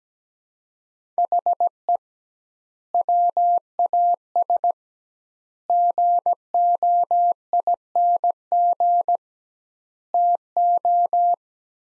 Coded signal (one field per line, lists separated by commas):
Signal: Morse code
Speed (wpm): 17 wpm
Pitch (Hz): 700 Hz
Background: none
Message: HE WAS GOING TO